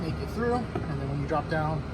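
The plastic glove box of a 2008 Lincoln MKX is being handled back toward its dashboard opening after cleaning out the A/C drain tube, with both sides squeezed so its corner stops pass the dash opening before it is dropped down into place. Someone talks over a steady low background hum. Nothing has seated or clicked yet; the glove box is not yet home in the dash.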